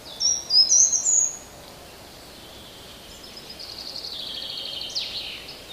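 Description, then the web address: Songbird calls: a quick run of high, slurred chirps at the start, then a faint, buzzy, pulsing trill and one last sharp note. Recorded in a garden. "wroblowe kolekcja ogrodowy"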